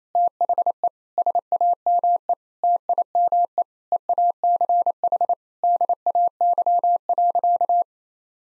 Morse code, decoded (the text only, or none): THE SAME TIME EACH DAY.